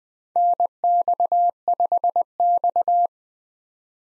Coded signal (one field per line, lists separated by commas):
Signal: Morse code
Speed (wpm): 21 wpm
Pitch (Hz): 700 Hz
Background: none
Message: NX5X